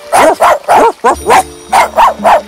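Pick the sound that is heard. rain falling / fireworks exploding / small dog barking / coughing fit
small dog barking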